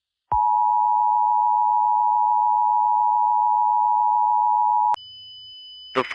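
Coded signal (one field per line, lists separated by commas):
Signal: Emergency Alert System (SAME) tones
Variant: 853 and 960 Hz attention tone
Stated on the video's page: Fictional alert scenario.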